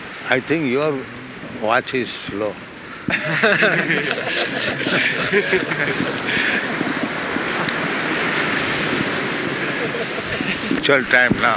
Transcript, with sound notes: I think your watch is slow. [laughter] ...actual time now?